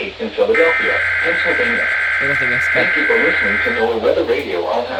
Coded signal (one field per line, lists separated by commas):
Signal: Emergency Alert System (SAME) tones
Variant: header bursts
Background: speech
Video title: OCTOBERRRRRRR | Required Weekly Test on 5 Stations! EAS #803-807